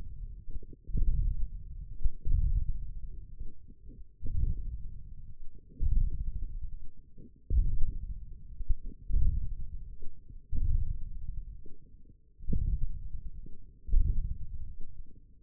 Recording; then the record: forearm muscle sounds (acoustic myography)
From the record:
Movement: ulnar deviation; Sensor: system 1, eight BSWA MPA416 microphones around the upper forearm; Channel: 7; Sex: male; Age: 28 years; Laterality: right